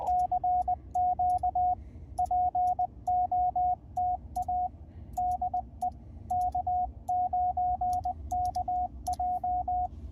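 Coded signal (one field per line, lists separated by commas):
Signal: Morse code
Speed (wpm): 20 wpm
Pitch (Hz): 720 Hz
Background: radio noise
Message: CQ POTA DE K9KJ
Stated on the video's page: CW POTA park activation.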